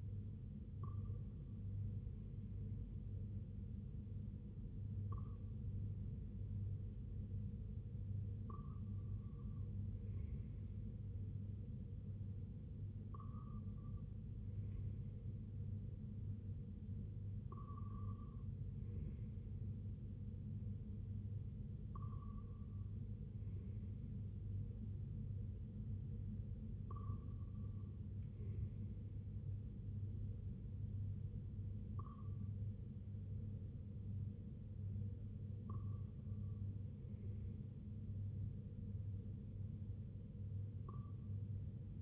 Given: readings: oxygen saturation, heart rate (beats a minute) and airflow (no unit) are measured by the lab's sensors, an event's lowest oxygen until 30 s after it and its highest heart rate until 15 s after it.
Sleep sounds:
breathing in sleep by a smartphone at the bedside; none
none scored
From the record:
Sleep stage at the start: N2 (light sleep); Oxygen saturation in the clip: 93 to 95%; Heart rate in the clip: 59 to 65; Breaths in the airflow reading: 10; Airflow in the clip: -5.3 to 3.2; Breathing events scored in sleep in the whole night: 258 in 7.4 hours asleep

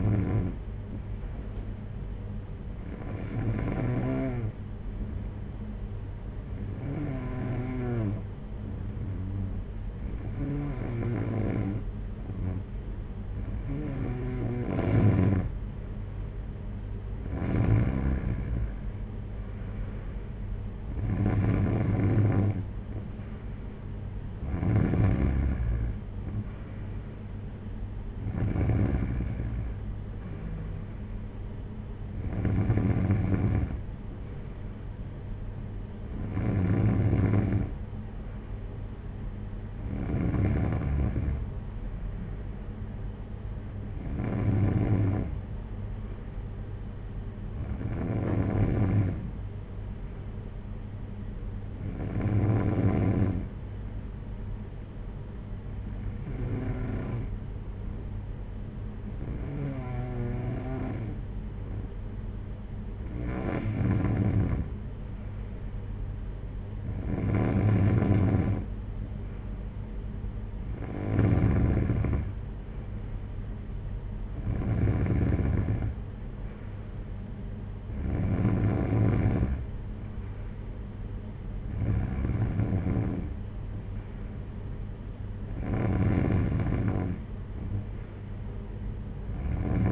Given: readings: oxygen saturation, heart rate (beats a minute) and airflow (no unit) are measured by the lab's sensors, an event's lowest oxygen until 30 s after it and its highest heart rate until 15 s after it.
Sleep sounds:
breathing in sleep by a smartphone at the bedside; none
none scored
From the record:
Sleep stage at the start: N3 (deep sleep); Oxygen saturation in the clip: 92 to 94%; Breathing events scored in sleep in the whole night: 226 in 8.8 hours asleep

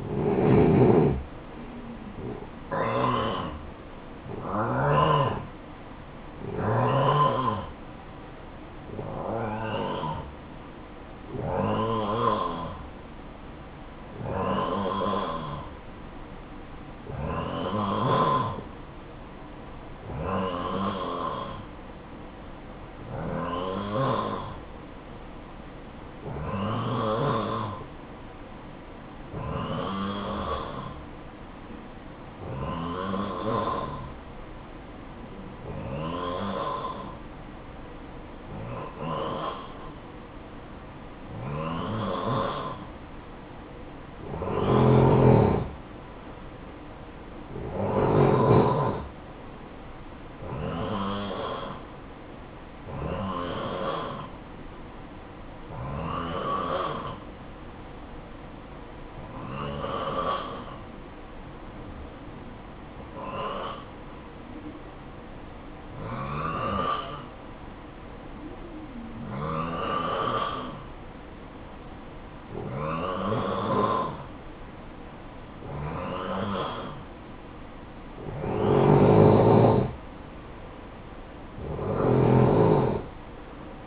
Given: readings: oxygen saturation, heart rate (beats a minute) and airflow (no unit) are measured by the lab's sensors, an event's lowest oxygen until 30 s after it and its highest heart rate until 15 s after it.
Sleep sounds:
breathing in sleep by a voice recorder at the bedside; 2
14.00-46.70 s: hypopnea (N1, oxygen 92% highest, then 88% lowest, heart rate 59 at the start, 63 highest)
39.00-83.87 s: new sleep stage, N2 (light sleep)
58.00-77.50 s: hypopnea (N2, oxygen 92% highest, then 89% lowest, heart rate 56 at the start, 63 highest)
From the record:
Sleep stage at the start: N1 (lightest sleep); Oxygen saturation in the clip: 87 to 92%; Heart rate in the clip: 52 to 67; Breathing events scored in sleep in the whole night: 573 in 9.8 hours asleep

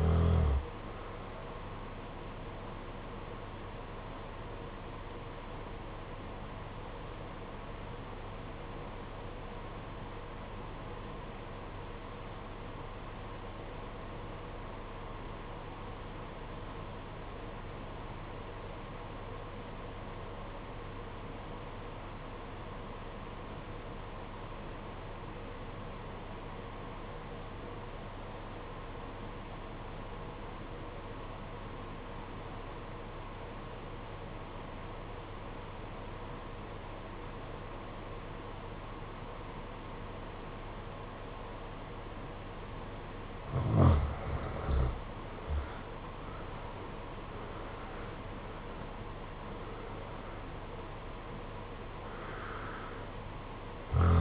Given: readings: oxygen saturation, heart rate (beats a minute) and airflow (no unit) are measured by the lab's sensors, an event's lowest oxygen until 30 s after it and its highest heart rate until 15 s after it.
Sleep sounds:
breathing in sleep by a voice recorder at the bedside; 1
5.00-44.60 s: obstructive apnea (N1, oxygen 96% highest, then 72% lowest, heart rate 56 at the start, 85 highest)
From the record:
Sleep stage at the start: N1 (lightest sleep); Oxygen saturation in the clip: 74 to 96%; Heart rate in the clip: 55 to 85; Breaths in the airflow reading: 6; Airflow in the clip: -11.4 to 10.3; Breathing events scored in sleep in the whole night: 476 in 9.7 hours asleep

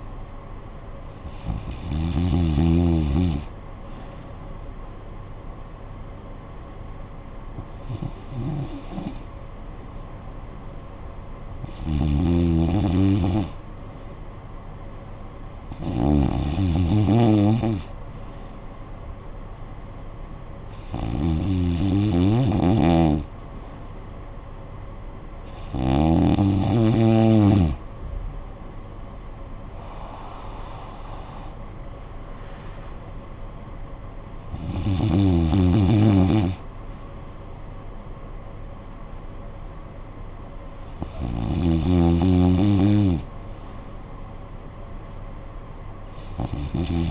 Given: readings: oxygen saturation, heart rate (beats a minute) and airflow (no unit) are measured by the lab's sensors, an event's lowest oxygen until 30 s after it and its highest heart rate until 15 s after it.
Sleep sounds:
breathing in sleep by a smartphone at the bedside; 1
6.00-25.50 s: hypopnea (REM, oxygen 96% highest, then 93% lowest, heart rate 58 at the start, 72 highest)
14.00-47.11 s: new sleep stage, N1 (lightest sleep)
From the record:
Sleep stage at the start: REM sleep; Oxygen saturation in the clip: 88 to 96%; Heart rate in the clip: 54 to 72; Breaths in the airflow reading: 9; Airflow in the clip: -10.9 to 9.4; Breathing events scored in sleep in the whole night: 445 in 7.6 hours asleep

